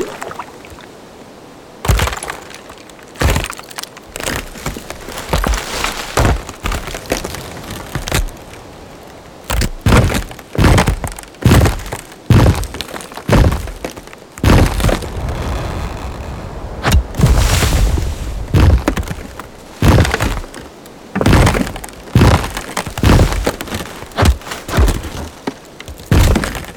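Wood cracks and breaks in a quick, irregular series of sharp snaps and heavy thunks, dry, with bright splintering tops over solid low knocks. Around the middle the hits blur into a denser crunching, grinding stretch before separate cracks resume.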